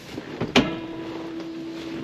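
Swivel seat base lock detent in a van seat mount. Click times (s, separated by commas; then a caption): 0.6 s. A van seat on a metal swivel base in a Ford Econoline camper van conversion is rotated until the swivel base detent locks. A smaller knock comes just before a sharp, loud metallic click at 0.6 s, followed by a faint steady ringing tone. The swivel seat base locks into position.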